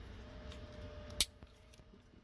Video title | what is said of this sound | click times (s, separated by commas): How to replace passenger airbag 2000-03 nissan maxima | Boom. Heard that click? That's how it's supposed to be. | 1.2 s